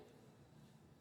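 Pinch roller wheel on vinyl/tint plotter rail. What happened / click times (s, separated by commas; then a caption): Handled, not yet home: no seating click from the roller / none. A pinch roller (grip wheel) on a vinyl/tint plotter rail is being slid along the rail toward its detent in line with the blue grip-roller section. Only a steady low, broadband handling noise is heard, with no distinct click. Nothing has seated or clicked into place yet.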